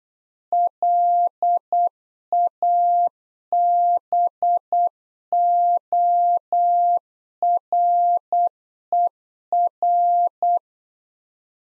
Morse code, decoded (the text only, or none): LABORER